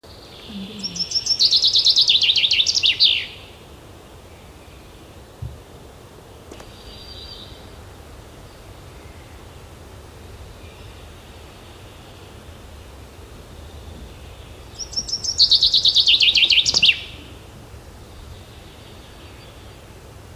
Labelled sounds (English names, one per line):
Common Chaffinch song